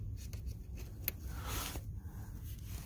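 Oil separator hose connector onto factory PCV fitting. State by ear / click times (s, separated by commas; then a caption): seated / 1.1 s. The quick-connect on a J&L oil separator 3055D hose is pushed onto the factory PCV connection of a 2020-2024 Ford Explorer 2.3L EcoBoost, with soft rubbing and handling noise throughout. A faint tick comes at 0.3 s, and a sharp click at 1.1 s marks the connector seating onto the fitting.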